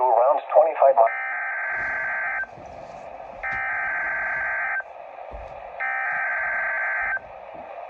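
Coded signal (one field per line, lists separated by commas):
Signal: Emergency Alert System (SAME) tones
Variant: header bursts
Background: speech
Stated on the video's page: Required Weekly Test from the KBH60 NOAA weather radio transmitter, archived.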